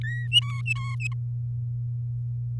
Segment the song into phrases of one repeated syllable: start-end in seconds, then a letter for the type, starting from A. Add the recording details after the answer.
0.03-0.27 A, 0.31-1.13 B. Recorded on 9 May 2018 at 05:58. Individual llb16